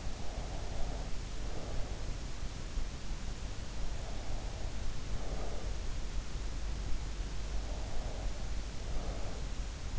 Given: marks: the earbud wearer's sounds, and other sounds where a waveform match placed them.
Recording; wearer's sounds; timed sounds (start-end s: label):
sounds in sleep by an in-ear microphone; breath
0.00-1.85 s: breath
3.95-5.91 s: breath
7.63-9.66 s: breath